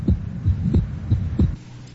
Normal heart.